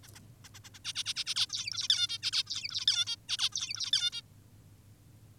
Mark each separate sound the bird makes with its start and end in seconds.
0.03-0.08, 0.15-0.20, 0.44-0.49, 0.54-0.60, 0.64-0.70, 0.74-0.79, 0.85-0.93, 0.95-1.04, 1.06-1.14, 1.16-1.24, 1.26-1.35, 1.36-1.47, 1.50-1.88, 1.90-2.07, 2.09-2.18, 2.23-2.31, 2.33-2.44, 2.47-2.86, 2.87-3.05, 3.07-3.16, 3.29-3.37, 3.39-3.50, 3.52-3.91, 3.93-4.11, 4.13-4.22